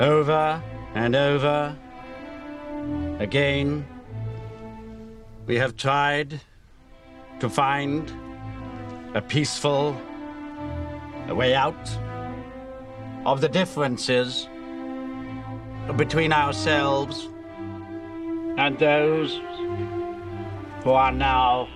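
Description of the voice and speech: A man reads a formal address in slow, halting phrases broken by long silent blocks of one to one and a half seconds, with drawn-out sounds before words. These are stuttering blocks and prolongations, an actor's portrayal of a man with a stutter who manages it with the help of a speech therapist.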